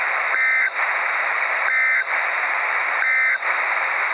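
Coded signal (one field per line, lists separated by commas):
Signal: Emergency Alert System (SAME) tones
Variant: end-of-message bursts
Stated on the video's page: Mock law enforcement warning recreated with eas.tools macros, not a real alert.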